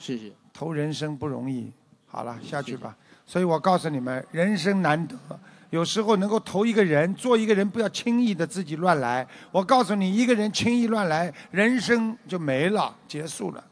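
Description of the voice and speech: An adult man speaks Mandarin fluently to an audience, in short phrases separated by brief pauses. His voice is clear and steady at a moderately high pitch, with lively intonation. There are no repeats, blocks, slurring or roughness, so this is ordinary speech.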